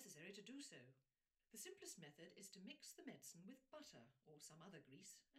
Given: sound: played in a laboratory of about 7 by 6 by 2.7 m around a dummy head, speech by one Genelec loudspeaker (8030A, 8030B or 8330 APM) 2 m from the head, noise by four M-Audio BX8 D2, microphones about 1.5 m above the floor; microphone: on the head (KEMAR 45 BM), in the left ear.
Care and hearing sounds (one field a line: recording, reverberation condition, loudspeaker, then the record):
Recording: female speech in English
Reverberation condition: low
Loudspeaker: in front (0 degrees)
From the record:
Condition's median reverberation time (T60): about 310 ms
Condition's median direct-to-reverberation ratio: about 3.5 dB